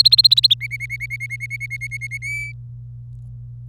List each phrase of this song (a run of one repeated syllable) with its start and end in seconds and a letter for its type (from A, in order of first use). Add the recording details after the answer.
0.00-0.54 A, 0.60-2.18 B, 2.22-2.52 C. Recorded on 26 April 2018 at 06:24. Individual llb3